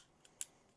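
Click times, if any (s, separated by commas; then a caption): none. During an upgrade kit install on a Prusa MK4S 3D printer, an unnamed part is being fitted and screwed into a printed plastic part. Three short, sharp ticks are heard at about 0.3, 0.4 and 0.8 seconds, the middle one the loudest, over a quiet background. This is only handling: the part has not yet seated or clicked into place.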